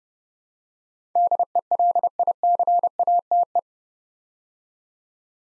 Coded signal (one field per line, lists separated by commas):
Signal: Morse code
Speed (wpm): 30 wpm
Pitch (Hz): 700 Hz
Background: none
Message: DELICATE